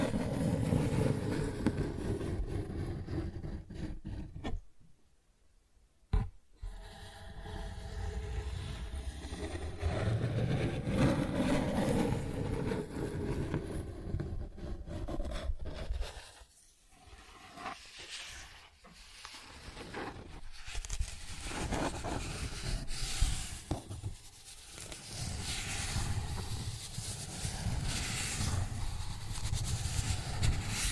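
Cardboard is scratched and dragged in long rough strokes, a dense, rasping friction with a low rumbling body. The sound briefly stops near five seconds, then resumes. Shorter pauses and sharp breaks break up the back half of the clip.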